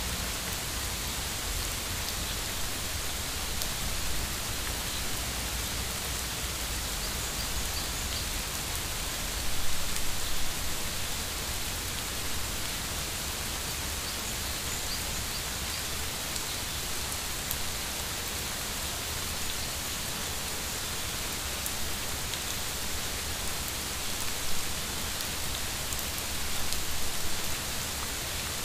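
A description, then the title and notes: Steady, dense rainfall hisses evenly through a park, with a low rumble underneath and a few slightly louder patters around ten and twenty-five seconds. Rainy day park Healing rain forest ある雨の日の公園です。 It is a sound of healing of the park of the forest of the rainy day.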